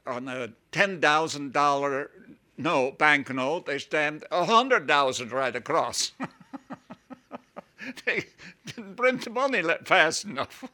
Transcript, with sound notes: the ten thousand dollar note, bank note, they stamped a "hundred thousand" right across. (he laughs) They didn't print the money fast enough.